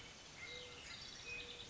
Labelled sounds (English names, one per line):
Mourning Dove